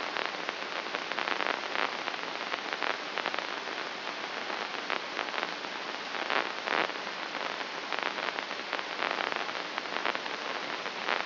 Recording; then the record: brain microelectrode recording played as sound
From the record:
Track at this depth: outside the subthalamic nucleus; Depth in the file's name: 6.629 mm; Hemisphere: left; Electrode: 2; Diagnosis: Parkinson's disease